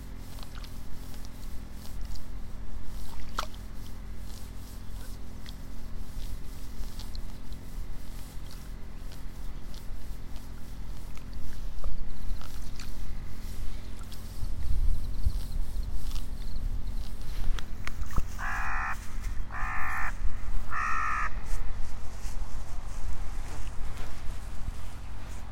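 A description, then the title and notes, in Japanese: Birds call over a morning of pulling rice seedlings by hand in a flooded nursery bed. A steady low hum and light scattered clicks and splashes run throughout, with a heavier rumble near fifteen seconds, then three loud, crow-like caws come between eighteen and twenty-two seconds. イネの苗取り。朝から水苗代に入って、一本一本苗を取っています。片手握りいっぱいになったら、ワラで束にします。今日も鳥たち元気。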